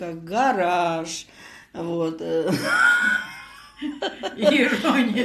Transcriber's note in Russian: смеётся